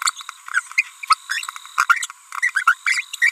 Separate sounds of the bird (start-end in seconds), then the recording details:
0.02-0.10, 0.17-0.22, 0.78-0.82, 1.10-1.14, 1.30-1.50, 1.78-1.85, 1.89-2.06, 2.55-2.63, 2.67-2.73, 2.87-3.01, 3.22-3.30. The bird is a female. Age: 30 days. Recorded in a nest box in Venezuela. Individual 17B42B3